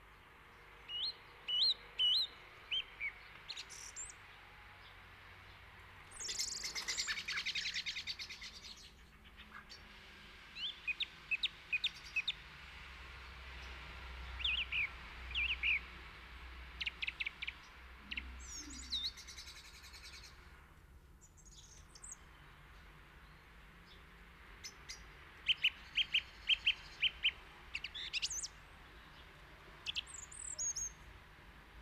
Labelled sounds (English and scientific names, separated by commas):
Song Thrush (Turdus philomelos) song